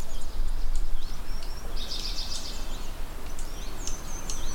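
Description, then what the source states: Ruby-crowned kinglet song, high thin notes and slurred chevrons with a quick bubbling burst in the middle, over steady low rumble. Heard on April 19; the listener is urged to memorize this singing bird's song.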